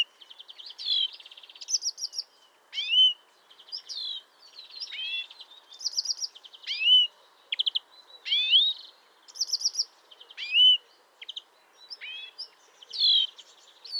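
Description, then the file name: European greenfinch giving a busy series of buzzy trills, rising slurred notes and fast twitters, one after another with brief gaps. "Chloris chloris"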